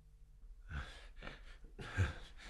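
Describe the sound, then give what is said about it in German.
Heavy panting breaths from a man who has just entered a town hall and stopped, about four raspy, breathy bursts in a steady rhythm, each a rough hiss of air in and out, with no speech. “Er betrat das Rathaus, blieb keuchend stehen.”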